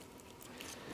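The second end of a Strapify luxury steel case bracelet is pushed into the lug slot of an Apple Watch while both release levers are held in. Only a quiet, steady gritty handling and scraping noise is heard, with no sharp hit. Nothing has seated or clicked yet.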